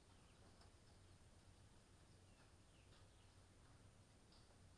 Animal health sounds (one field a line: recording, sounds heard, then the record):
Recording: poultry house recording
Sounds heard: healthy chickens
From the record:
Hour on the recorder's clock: 20